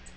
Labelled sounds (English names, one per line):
Black-throated Green Warbler flight call